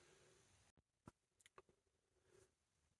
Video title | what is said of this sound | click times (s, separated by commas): McFarlane Toys DC Multiverse Batman & Robin Batman & Mr. Freeze Needless Unboxing | had to hold it like that and just push the right way, and they popped into place. | 1.5 s, 1.6 s